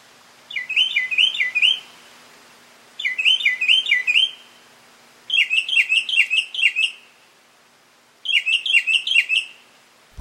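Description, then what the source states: Mockingbird song in four bursts of fast, bright, repeated chirped notes, each burst over a second long with short pauses between. Male.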